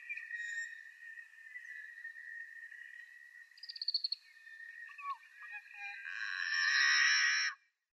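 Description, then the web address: Yellow-headed Blackbird singing a quick rattling series and scattered clucks, ending in a long, loud, grating buzz. "Schulze Peter Yellow-headed Blackbird song"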